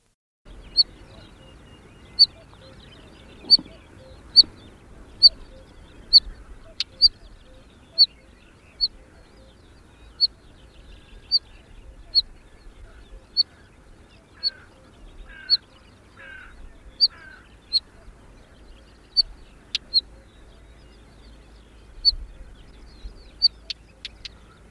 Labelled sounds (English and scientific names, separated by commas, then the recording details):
Northern Wheatear (Oenanthe oenanthe) call
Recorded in the wild
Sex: Weibchen
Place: Džebel, Khaskovo, BG
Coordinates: 41.312, 25.274
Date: 1974-05-29
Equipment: Nagra III BH, Sennheiser MD 21, parabola
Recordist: Schubert, Michael